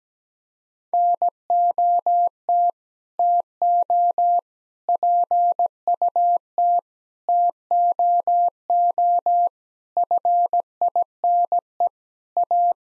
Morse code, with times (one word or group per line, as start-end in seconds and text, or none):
0.9-2.7 NOT
3.2-4.4 TO
4.9-6.8 PUT
7.3-9.5 TOO
10.0-11.9 FINE
12.4-12.7 A